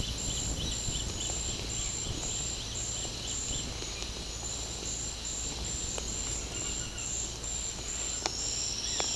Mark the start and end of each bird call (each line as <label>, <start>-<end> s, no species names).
bird call, 0.00-3.65 s
bird call, 6.47-7.14 s